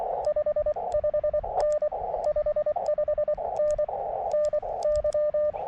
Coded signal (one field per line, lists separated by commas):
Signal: Morse code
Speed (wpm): 24 wpm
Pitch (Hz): 600 Hz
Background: radio noise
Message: 55N 55N NY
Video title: CW POTA at US-2145 Stony Brook State Park